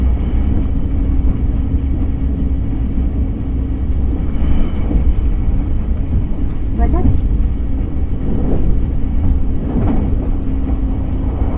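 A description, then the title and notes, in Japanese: Inside a moving train on a rail journey, a heavy, steady low rumble fills the whole clip at a constant level. Brief brighter rattles and squeals rise over it around the fifth, seventh and tenth seconds, then fade back into the drone. 鉄道旅 佐賀→博多→中洲川端→呉服町。佐賀からリレーかもめ50号で博多まで行き、福岡市営地下鉄に乗り換えて空港線で中洲川端へ。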